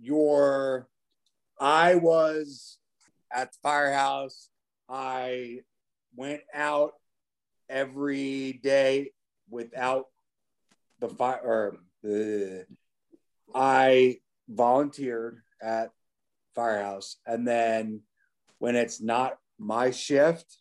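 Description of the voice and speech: Adult male speaker with aphasia after a stroke or traumatic brain injury, nine years after his accident. Halting, incomplete phrasing with long pauses between short word groups and drawn-out vowels.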